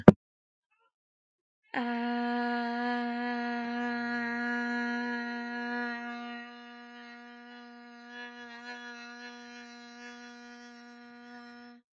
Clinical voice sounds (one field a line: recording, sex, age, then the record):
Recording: vowel held as long as possible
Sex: male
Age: 20 to 29 years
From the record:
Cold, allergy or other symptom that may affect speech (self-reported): no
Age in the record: 21 years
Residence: Indiana, United States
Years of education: 13